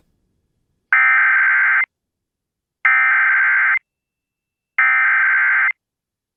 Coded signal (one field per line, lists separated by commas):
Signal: Emergency Alert System (SAME) tones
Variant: header bursts